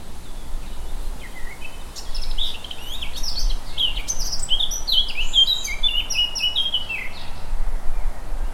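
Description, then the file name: Eurasian blackcap singing a fast, varied warble of rich whistled and chattering notes that runs for about six seconds over a steady low rumble. "Sylvia atricapilla"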